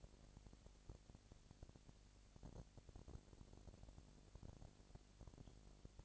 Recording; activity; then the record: daily activity, microphone in the room; no activity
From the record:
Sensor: 5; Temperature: 20.1 degrees Celsius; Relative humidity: 38.2%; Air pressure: 998.9 hPa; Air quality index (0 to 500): 218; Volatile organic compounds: 24 ppm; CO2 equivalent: 2814 ppm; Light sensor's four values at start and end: 2/3/1/1 and 2/3/1/1